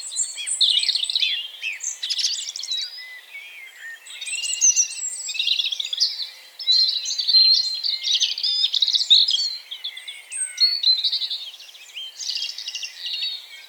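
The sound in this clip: Many birds singing together, a continuous tangle of chirps, whistled notes and fast trills rising and falling in loudness.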